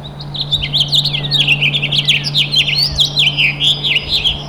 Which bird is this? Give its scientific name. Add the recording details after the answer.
Haemorhous mexicanus. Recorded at Freeport on Long Island, New York, on 28 May 2013. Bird A